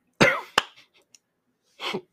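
A sharp double cough followed by a softer, rougher cough from an adult man who has been coughing after attending three conferences in about five weeks; a plain cough.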